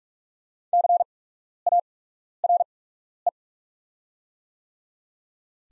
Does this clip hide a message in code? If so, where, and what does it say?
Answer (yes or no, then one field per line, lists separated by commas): yes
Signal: Morse code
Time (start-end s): 0.7-3.3 s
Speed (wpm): 44 wpm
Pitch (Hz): 700 Hz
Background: none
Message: CARE